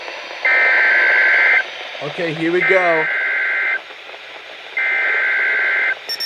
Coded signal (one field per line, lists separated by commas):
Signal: Emergency Alert System (SAME) tones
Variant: header bursts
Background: speech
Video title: LOT Severe Thunderstorm Warning On WNG689 with FM Transmitter (EAS #21) 5/26/24